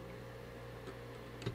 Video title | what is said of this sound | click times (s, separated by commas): Proper Way to Install the Be Quiet CPU Cooler | just snapped right in same | 1.4 s